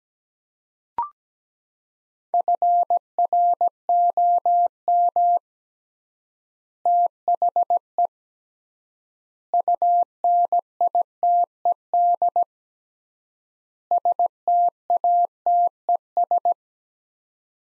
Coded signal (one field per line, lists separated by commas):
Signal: Morse code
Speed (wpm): 17 wpm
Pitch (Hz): 700 Hz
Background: none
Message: FROM THE UNITED STATES